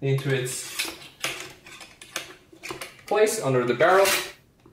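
Someone talks while the metal cleaning rod of an SVT-40 rifle is handled and pushed toward its retainer under the barrel, with the button pressed, giving short metallic clicks and knocks between the words. Nothing has seated or clicked into its stored position yet.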